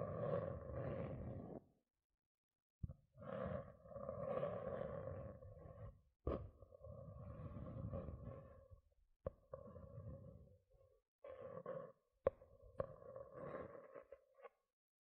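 Gentle scratching comes in bursts of a second or several, separated by short silences near two and ten seconds. A steady mid-pitched hum runs under each burst, and sharp clicks cut in at about 3, 6, 9, 12 and 13 seconds.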